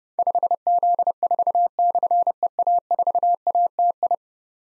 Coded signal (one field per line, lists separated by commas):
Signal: Morse code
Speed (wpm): 30 wpm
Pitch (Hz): 700 Hz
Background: none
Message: 5Z4/EA4ATI